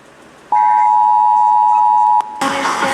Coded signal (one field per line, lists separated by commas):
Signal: Emergency Alert System (SAME) tones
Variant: 853 and 960 Hz attention tone